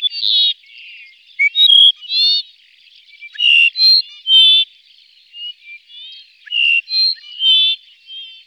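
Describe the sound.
Dupont's lark calls: clusters of loud, nasal, harmonic whistled notes, some rising and some falling, in short phrases at roughly two-to-three-second intervals, with softer twittering between.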